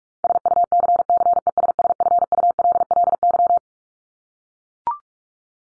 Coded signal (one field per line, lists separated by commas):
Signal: Morse code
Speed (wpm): 44 wpm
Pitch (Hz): 700 Hz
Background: none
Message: SUCCESSFULLY